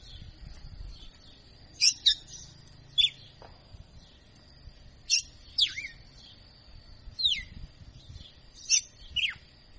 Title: Canto Galo Campina Fêmea. Galo de Campina Professor Açoitando